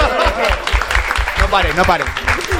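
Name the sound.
applause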